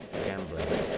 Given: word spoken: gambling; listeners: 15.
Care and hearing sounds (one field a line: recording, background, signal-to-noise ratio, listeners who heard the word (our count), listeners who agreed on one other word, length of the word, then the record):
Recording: one English word in noise, from a listening test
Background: noise modulated by three-talker babble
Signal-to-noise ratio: -5.2 dB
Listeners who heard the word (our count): 3 of 15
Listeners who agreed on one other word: 11 of 15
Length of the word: 0.58 s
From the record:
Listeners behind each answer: 11, 3, 1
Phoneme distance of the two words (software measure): 17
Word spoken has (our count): 3 syllables, 7 phonemes, stress on syllable 1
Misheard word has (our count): 2 syllables, 6 phonemes, stress on syllable 1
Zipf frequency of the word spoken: 3.84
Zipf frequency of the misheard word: 3.19